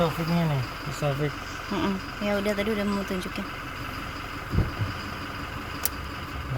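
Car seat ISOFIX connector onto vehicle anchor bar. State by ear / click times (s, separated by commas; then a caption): seated / 5.9 s. A car seat's ISOFIX connector is pushed onto the vehicle's anchor bar while someone talks. It clicks sharply at 5.9 s and is seated, an easy fit that only needs pushing until the click.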